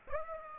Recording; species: mosquito wingbeat signal from an infrared sensor; Aedes aegypti